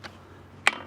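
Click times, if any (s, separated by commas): 0.7 s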